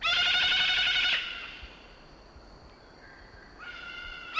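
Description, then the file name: Salmon-crested cockatoo letting out a long harsh screech, then quiet with a steady high tone, before another call begins at the end. "Cacatuamoluccensis"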